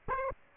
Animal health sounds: mosquito wingbeat signal from an infrared sensor; Aedes aegypti

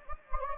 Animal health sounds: mosquito wingbeat signal from an infrared sensor; Anopheles gambiae

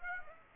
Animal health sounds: mosquito wingbeat signal from an infrared sensor; Aedes aegypti

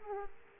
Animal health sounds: mosquito wingbeat signal from an infrared sensor; Aedes aegypti

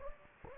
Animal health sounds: mosquito wingbeat signal from an infrared sensor; Anopheles gambiae

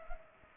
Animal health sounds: mosquito wingbeat signal from an infrared sensor; Culex pipiens

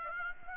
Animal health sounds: mosquito wingbeat signal from an infrared sensor; Aedes aegypti

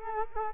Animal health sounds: mosquito wingbeat signal from an infrared sensor; Culex quinquefasciatus

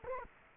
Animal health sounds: mosquito wingbeat signal from an infrared sensor; Culex quinquefasciatus

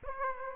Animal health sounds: mosquito wingbeat signal from an infrared sensor; Aedes aegypti

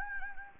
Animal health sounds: mosquito wingbeat signal from an infrared sensor; Anopheles gambiae

